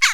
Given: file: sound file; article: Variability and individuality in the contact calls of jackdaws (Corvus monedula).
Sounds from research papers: jackdaw call; harmonic

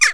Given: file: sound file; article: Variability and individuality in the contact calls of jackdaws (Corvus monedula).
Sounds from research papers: jackdaw call; harmonic

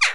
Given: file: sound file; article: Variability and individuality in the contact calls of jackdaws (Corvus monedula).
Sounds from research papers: jackdaw call; harmonic

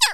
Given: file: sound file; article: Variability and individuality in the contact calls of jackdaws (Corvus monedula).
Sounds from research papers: jackdaw call; harmonic

